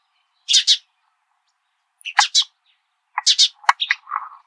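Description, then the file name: House sparrow giving three bursts of harsh chirps, ending in a short cluster of quicker, lower chirrups. "Passer domesticus"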